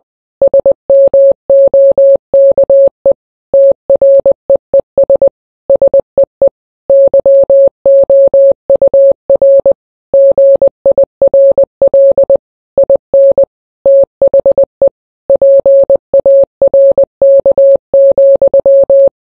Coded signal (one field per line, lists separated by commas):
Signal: Morse code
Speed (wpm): 20 wpm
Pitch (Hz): 550 Hz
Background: none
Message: SMOKE TREES SEE YOUR GIRL IN THE PARK,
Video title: the ting goes SKRAA but it's in Morse Code